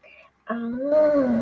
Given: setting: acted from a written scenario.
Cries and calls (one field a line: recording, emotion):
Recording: vocal sound without words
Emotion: romantic love